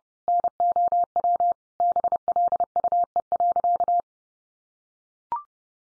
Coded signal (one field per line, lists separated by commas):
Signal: Morse code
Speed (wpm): 30 wpm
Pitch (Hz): 700 Hz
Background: none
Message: NOW BLUE.